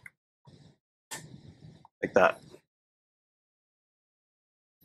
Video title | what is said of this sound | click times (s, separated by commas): Meraki MR Access Point Installation Setup - Warehouse /WMS | you'll hear click like that so | 0.1 s